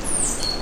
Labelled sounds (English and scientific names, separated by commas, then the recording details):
Stitchbird (Notiomystis cincta) song
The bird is a male
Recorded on Tiritiri Matangi Island, New Zealand, in 2005
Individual 3, of nest box 3